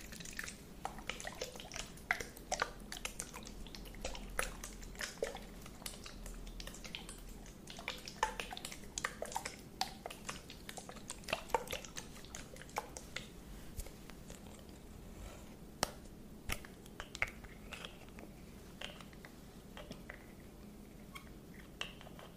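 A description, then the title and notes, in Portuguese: ASMR triggers: dense, irregular crisp tapping and clicking over a steady low hum, with sharp louder clicks scattered throughout. ASMR com gatilhos super relaxantes com a cor preta.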